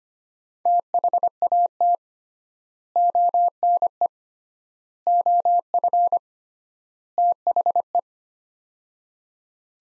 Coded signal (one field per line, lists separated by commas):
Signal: Morse code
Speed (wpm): 25 wpm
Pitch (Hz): 700 Hz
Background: none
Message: THAT ONE OF THE